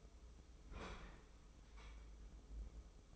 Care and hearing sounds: daily activity, microphone in the room; open fridge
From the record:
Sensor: 1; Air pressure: 995.3 hPa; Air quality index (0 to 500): 25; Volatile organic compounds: 0 ppm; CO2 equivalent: 505 ppm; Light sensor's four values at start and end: 19/61/22/24 and 19/61/22/24

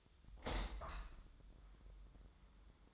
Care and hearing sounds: daily activity, microphone in the room; open window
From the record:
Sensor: 3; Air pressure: 1004.6 hPa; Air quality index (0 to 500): 90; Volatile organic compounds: 3 ppm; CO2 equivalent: 1385 ppm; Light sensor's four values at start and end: 7/16/6/6 and 7/17/7/6

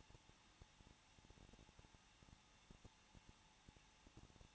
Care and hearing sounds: daily activity, microphone in the room; no activity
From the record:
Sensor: 1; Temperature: 20.1 degrees Celsius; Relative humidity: 39.3%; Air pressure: 1006.4 hPa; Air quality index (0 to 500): 218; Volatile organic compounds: 80 ppm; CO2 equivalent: 3606 ppm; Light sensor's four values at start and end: 1/2/1/1 and 1/2/1/1

